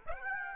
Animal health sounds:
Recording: mosquito wingbeat signal from an infrared sensor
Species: Aedes aegypti

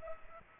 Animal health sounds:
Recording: mosquito wingbeat signal from an infrared sensor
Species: Culex pipiens

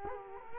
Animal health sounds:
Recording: mosquito wingbeat signal from an infrared sensor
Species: Culex quinquefasciatus

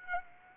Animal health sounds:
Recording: mosquito wingbeat signal from an infrared sensor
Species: Aedes aegypti

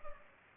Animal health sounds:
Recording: mosquito wingbeat signal from an infrared sensor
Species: Culex pipiens

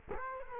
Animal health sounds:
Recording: mosquito wingbeat signal from an infrared sensor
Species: Culex quinquefasciatus

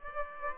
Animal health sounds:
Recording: mosquito wingbeat signal from an infrared sensor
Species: Aedes aegypti

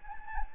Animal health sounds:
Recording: mosquito wingbeat signal from an infrared sensor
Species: Anopheles gambiae

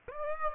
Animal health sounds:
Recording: mosquito wingbeat signal from an infrared sensor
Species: Aedes aegypti

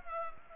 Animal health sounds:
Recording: mosquito wingbeat signal from an infrared sensor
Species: Culex pipiens

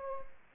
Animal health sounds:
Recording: mosquito wingbeat signal from an infrared sensor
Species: Anopheles gambiae

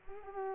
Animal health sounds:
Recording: mosquito wingbeat signal from an infrared sensor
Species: Culex pipiens

